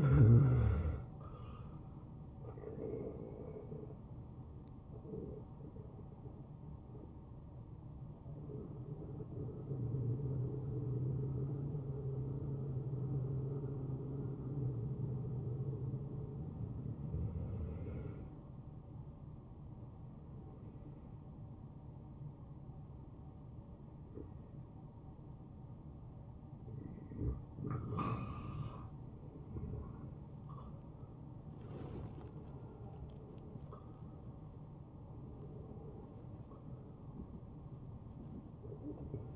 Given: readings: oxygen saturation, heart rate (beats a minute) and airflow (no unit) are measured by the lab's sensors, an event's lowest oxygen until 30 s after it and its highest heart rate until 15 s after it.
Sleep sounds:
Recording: breathing in sleep by a smartphone at the bedside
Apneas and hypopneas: 1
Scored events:
6.00-28.30 s: hypopnea (N1, oxygen 96% highest, then 93% lowest, heart rate 85 at the start, 87 highest)
From the record:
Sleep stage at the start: N1 (lightest sleep)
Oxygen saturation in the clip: 79 to 97%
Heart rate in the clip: 68 to 87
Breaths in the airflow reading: 8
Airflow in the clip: -11.3 to 9.6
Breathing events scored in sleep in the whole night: 263 in 5.5 hours asleep

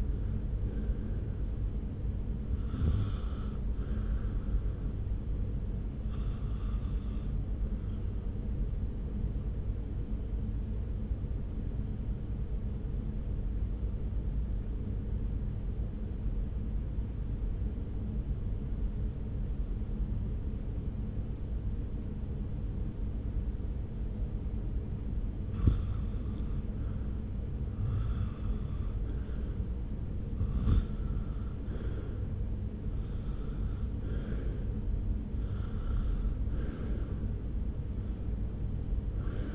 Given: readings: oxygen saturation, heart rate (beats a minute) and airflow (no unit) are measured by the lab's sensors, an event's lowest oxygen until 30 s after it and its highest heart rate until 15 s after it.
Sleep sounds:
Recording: breathing in sleep by a smartphone at the bedside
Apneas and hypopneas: 1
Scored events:
11.00-26.40 s: obstructive apnea (REM, oxygen 95% highest, then 85% lowest)
From the record:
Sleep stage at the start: REM sleep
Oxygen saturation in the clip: 85 to 95%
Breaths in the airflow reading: 8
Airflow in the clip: -0.8 to 1.3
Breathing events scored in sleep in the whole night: 335 in 6.7 hours asleep

